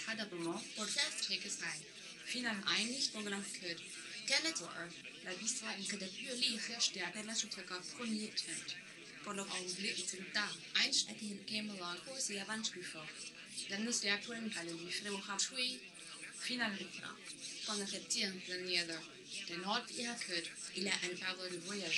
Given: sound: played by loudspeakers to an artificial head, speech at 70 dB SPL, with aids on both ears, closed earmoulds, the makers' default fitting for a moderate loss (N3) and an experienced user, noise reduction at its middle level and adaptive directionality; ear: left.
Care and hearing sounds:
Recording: speech test signal (ISTS) in cocktail-party noise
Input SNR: +9 dB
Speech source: on the right (90 degrees)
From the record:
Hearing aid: class 1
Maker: H

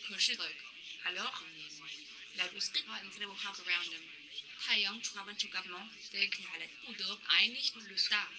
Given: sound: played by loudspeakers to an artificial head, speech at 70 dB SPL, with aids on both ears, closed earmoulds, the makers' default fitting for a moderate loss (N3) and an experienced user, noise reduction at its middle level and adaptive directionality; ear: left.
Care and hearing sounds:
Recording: speech test signal (ISTS) in cocktail-party noise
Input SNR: +9 dB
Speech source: on the right (90 degrees)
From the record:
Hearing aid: class 2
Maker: J

